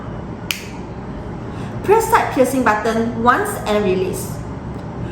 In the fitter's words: that close the mouthpiece until you feel a click sound